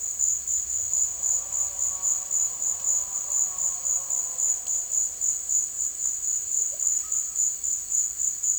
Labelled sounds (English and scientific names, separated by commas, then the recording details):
Russet-backed Oropendola (Psarocolius angustifrons)
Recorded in secondary vegetation near Puerto Asís, Putumayo, Colombia, on 27 June 2025
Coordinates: 0.488, -76.319
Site G094